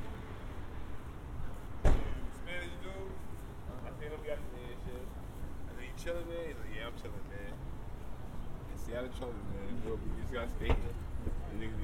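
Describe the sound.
A walk toward the Mount Vernon Public Library, with a steady low rumble of traffic throughout. Voices talk intermittently in the foreground, and a sharp knock or door-like thud lands near two seconds, with another brief click close to eleven seconds.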